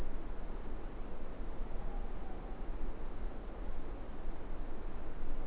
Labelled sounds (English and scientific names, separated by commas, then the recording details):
Morepork (Ninox novaeseelandiae) more-pork call
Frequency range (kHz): Morepork (Ninox novaeseelandiae) 0.7-0.9 kHz
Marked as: faintness 5/5
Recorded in New Zealand
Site Eglinton